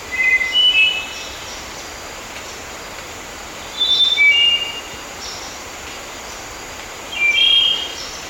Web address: Natures Songs S America Birds of Ecuador Spotted Nightingale-Thrush